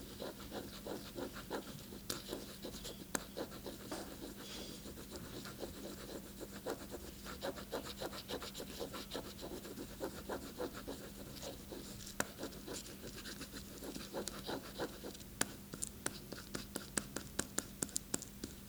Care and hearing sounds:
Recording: daily activity, guitar pickup as the sensor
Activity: write

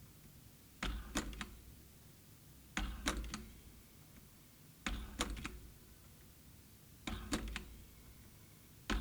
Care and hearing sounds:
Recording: daily activity, guitar pickup as the sensor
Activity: manipulate door

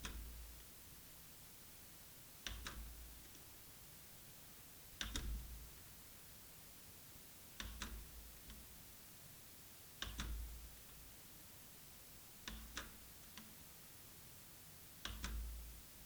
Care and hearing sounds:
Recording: daily activity, guitar pickup as the sensor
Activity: manipulate door

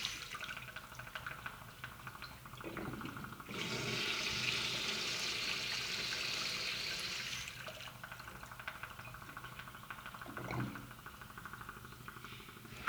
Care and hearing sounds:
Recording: daily activity, guitar pickup as the sensor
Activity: flush

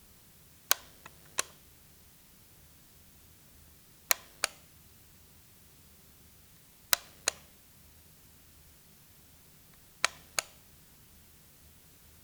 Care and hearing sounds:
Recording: daily activity, guitar pickup as the sensor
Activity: operate light

